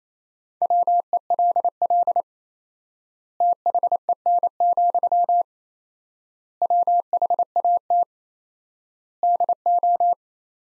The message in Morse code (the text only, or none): WELL THEN, WHAT DO